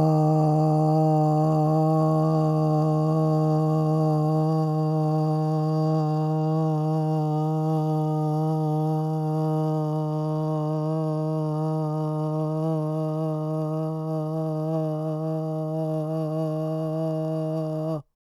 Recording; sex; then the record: sustained vowel /a/; male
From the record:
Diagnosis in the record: Parkinson's disease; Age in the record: 56 years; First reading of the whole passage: 87 s, 6.0 characters per second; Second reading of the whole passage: 67 s, 7.8 characters per second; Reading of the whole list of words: 59 s, 4.8 characters per second